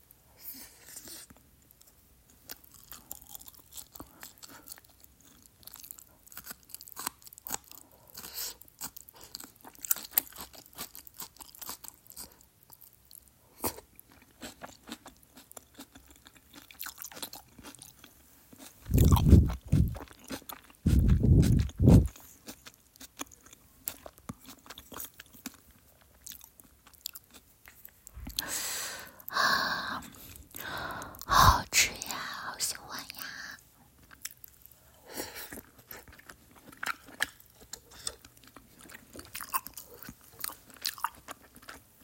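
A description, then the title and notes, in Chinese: Eating sounds of spicy hotpot, with wet mouth noises, slurps and crunchy bites. Sharp clicks and smacks come irregularly throughout, with a couple of louder low slurps near 19–22 seconds and a denser burst of chewing around 28–33 seconds. 口水音吃麻辣烫。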